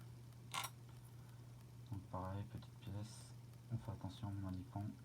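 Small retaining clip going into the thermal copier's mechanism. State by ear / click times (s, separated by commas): not seated / none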